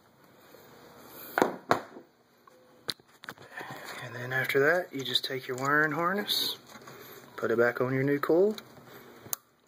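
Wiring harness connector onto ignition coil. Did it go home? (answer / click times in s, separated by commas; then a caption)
yes / 9.3 s. On a 2001 Ford F150 V8 engine, the wiring harness connector is pushed back onto a new ignition coil while someone talks. Scattered handling clicks and knocks occur early on. One sharp click at 9.3 s marks the connector snapping into place and seating.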